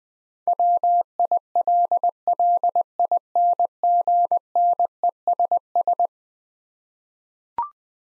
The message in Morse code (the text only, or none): WILLINGNESS